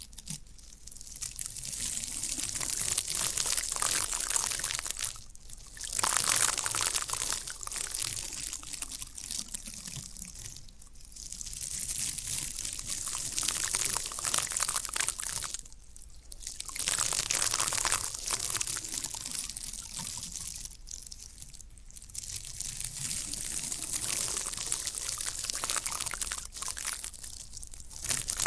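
Floral foam hisses and fizzes in dense, bright bursts, like liquid soaking in, with short quiet gaps roughly every five seconds.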